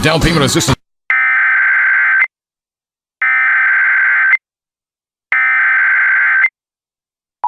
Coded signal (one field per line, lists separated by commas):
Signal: Emergency Alert System (SAME) tones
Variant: header bursts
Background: speech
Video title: War of the Machines (EAS Scenario)